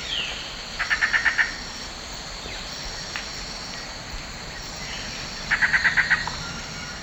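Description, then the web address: Gray antbird giving two short bursts of rapid, evenly pulsed notes about five seconds apart, over a steady background hum of insects. Eastern lowlands of South America. "Natures Songs S America Eastern Lowlands. Gray Antbird"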